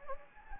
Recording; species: mosquito wingbeat signal from an infrared sensor; Anopheles gambiae